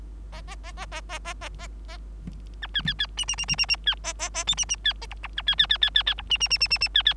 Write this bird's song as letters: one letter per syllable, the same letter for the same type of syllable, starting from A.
A A A A A A A A A A B C C C D D D D D D C A A A E D D C A F F B C C C C C C F D D D D D D C C